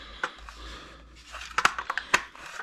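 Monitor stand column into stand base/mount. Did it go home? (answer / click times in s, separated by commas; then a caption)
yes / 1.7 s, 2.1 s. A monitor stand column for an ASUS TUF Gaming VG27AQ1A 27-inch black monitor is pushed into its mating socket on the stand base during unboxing. Several sharp plastic clicks are heard, the loudest at 1.7 s and 2.1 s, and the part snaps firmly into place, seated.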